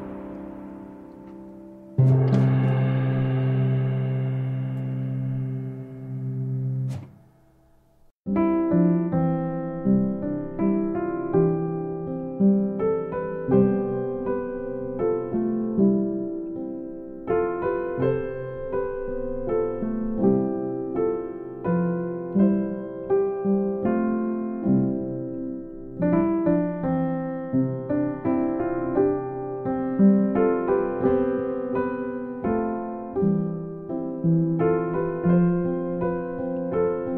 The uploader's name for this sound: Calm Piano Music Twilight Rain